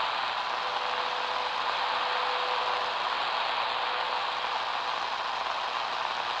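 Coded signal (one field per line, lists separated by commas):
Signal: radio time signal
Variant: WWV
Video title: WWV time signal on Panasonic RF-B45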